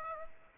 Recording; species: mosquito wingbeat signal from an infrared sensor; Aedes aegypti